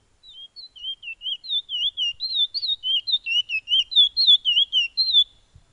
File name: suara burung piolet omkicau